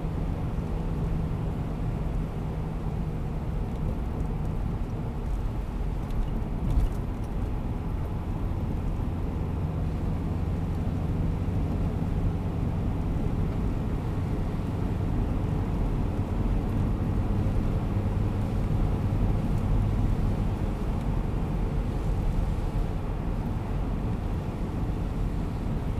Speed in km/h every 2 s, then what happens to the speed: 87, 87, 82, 83, 85, 87, 90, 94, 97, 98, 98, 95, 92.
0-7 steady at about 83. 7-19 speeds up to 98. 19-26 steady at about 95.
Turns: none.